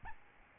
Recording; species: mosquito wingbeat signal from an infrared sensor; Aedes albopictus